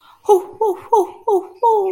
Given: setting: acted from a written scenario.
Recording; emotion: vocal sound without words; triumph